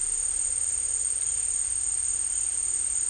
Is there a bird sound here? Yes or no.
no